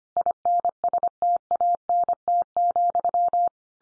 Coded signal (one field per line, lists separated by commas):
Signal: Morse code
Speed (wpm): 25 wpm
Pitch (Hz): 700 Hz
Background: none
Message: INSTANT,